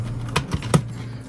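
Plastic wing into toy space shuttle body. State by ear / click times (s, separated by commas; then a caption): seated / 0.4 s, 0.7 s. A folded plastic wing of a 1999 HESS toy space shuttle is pushed into its slot in the shuttle body. Two sharp plastic clicks land at 0.4 s and 0.7 s over a low steady hum. The wing clips into place.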